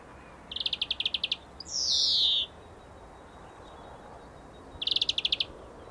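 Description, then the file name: European greenfinch: a fast ringing trill, then a drawn-out harsh nasal wheeze sliding downward, followed after a pause by another trill. "Chloris chloris"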